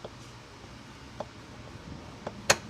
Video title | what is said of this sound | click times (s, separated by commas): Fox Body 5Lug Conversion Installing The Emergency Brake Cables | and it should just snap right in place. | 2.5 s